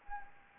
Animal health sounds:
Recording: mosquito wingbeat signal from an infrared sensor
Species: Anopheles gambiae

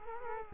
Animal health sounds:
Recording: mosquito wingbeat signal from an infrared sensor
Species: Culex quinquefasciatus

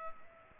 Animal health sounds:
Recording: mosquito wingbeat signal from an infrared sensor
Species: Culex pipiens

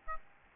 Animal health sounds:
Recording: mosquito wingbeat signal from an infrared sensor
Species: Aedes albopictus

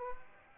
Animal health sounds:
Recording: mosquito wingbeat signal from an infrared sensor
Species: Aedes aegypti

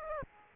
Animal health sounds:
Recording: mosquito wingbeat signal from an infrared sensor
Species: Aedes aegypti

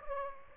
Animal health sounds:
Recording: mosquito wingbeat signal from an infrared sensor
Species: Aedes aegypti

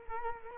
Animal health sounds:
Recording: mosquito wingbeat signal from an infrared sensor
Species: Culex quinquefasciatus

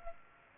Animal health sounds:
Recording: mosquito wingbeat signal from an infrared sensor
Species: Culex pipiens

